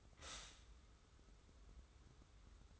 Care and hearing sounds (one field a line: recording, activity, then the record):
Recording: daily activity, microphone in the room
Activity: stop toaster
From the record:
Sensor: 3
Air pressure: 994.4 hPa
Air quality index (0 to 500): 202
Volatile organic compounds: 1000 ppm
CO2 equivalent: 6695 ppm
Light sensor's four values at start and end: 121/285/116/108 and 119/282/115/106